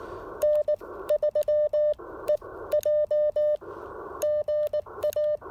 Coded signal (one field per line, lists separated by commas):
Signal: Morse code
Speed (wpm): 19 wpm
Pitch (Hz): 600 Hz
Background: none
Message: N3EJ GA